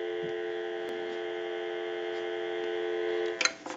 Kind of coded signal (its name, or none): telephone call progress tone